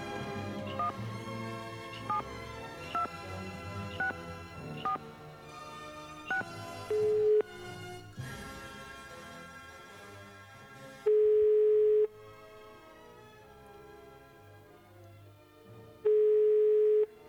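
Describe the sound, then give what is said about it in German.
A phone line rings out with a steady, mid-pitched ringback tone as a radio show calls a contest finalist in a prize draw for a two-week trip to Los Angeles. Three loud one-second buzzes sound about every four to five seconds over a background of music and chiming beeps. “Wie oft insgesamt lassen wir klingeln? Noch 3-mal.”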